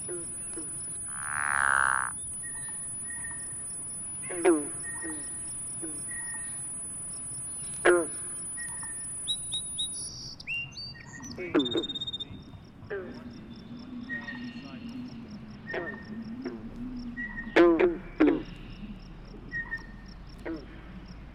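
A recording played through a transducer and an antique gasoline can, giving it a hollow, ringing, tinny color. Short voice-like calls and chirps pop up every second or so, with a loud swelling burst near two seconds and a low steady rumble throughout.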